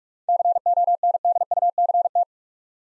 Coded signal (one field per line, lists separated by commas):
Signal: Morse code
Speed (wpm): 44 wpm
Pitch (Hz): 700 Hz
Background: none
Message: CONDUCT